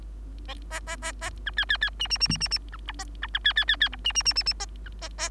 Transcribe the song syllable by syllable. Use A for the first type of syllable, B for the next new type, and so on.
A A A A B C C C D D D D D D B E A E B C C C C E D D D D D A A A